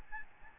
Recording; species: mosquito wingbeat signal from an infrared sensor; Aedes albopictus